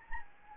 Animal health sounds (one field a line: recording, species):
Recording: mosquito wingbeat signal from an infrared sensor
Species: Anopheles gambiae